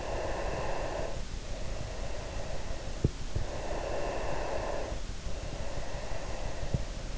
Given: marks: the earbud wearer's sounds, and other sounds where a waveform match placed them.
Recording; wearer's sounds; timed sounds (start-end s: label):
sounds in sleep by an in-ear microphone; breath
0.00-2.92 s: breath
3.64-7.01 s: breath